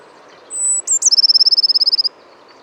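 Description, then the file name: Eurasian blue tit call: drawn-out very high whistle, a pair of sharp accented notes, then a quick steady trill of many notes. "Cyanistes caeruleus"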